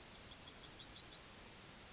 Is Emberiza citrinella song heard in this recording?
yes